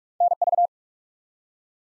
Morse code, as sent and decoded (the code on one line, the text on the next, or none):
-. ...-
NV